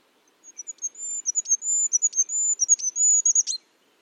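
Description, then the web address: Bird song: a single high, thin, rapidly warbling phrase of about three seconds with quick notes and a final sharp flick, then silence. "cianscape. Deverinetal 2025. Bird Only"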